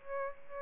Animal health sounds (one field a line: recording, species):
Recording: mosquito wingbeat signal from an infrared sensor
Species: Aedes albopictus